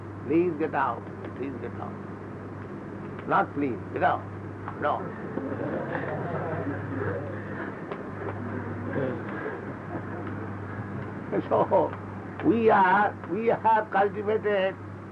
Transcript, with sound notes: Please get out. Please get out." Not "Please"; "Get out. Gow." [laughter] So we are..., we have cultivated